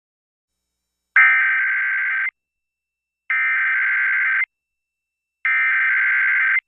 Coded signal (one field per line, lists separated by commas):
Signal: Emergency Alert System (SAME) tones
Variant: header bursts